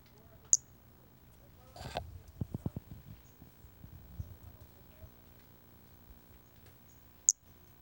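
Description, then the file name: Brachycephalus albolineatus calling with two brief, sharp high notes about seven seconds apart, with soft rustling and tapping between them. Recorded on 4 February 2016. "Brachycephalus albolineatus 160204"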